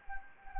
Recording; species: mosquito wingbeat signal from an infrared sensor; Anopheles gambiae